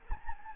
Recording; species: mosquito wingbeat signal from an infrared sensor; Anopheles gambiae